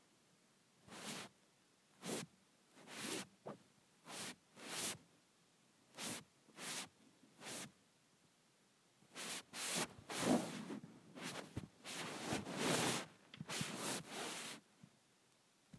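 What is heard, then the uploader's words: A phone slides across sheets in short soft swishes, spaced at first, then coming faster and overlapping after ten seconds, with quiet between strokes. ASMR Sliding my Phone on my Sheets.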